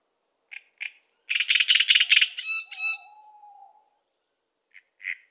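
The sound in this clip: Great Reed Warbler song: a few harsh notes, then a grating churring burst with a drawn-out low whistle, followed after a pause by two scratchy notes.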